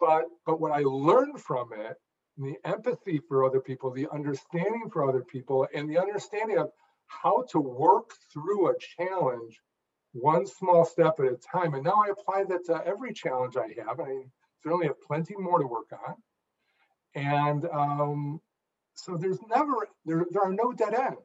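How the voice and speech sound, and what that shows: An adult man who has stuttered for many years, once severely, with head shaking and clenched teeth, speaks mostly fluently. He opens with a repeated word ("but, but"). Later a drawn-out nasal hum lasts about a second before he continues with a repeated "the, the." These are mild residual stuttering disfluencies: repetitions and a prolongation.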